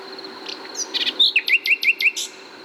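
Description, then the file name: Common nightingale song opening with dry clicks and buzzes, then a rapid, even series of several downslurred whistles. "Luscinia megarhynchos"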